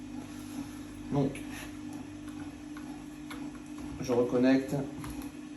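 Someone talks while handling the electrical connector for the heating or adjustment of a BMW M2 side mirror glass, bringing it to be plugged back into the mirror glass with faint handling noises. The connector has not seated or clicked in yet.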